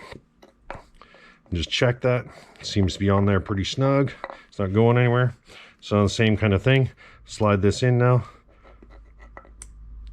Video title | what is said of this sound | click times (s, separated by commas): DIY USB SOLAR GENERATOR - HUGE CAPACITY- 10+ year EMERGENCY OFF GRID POWER SOLUTIONS - FULL BUILD | i heard the click | 9.4 s, 9.6 s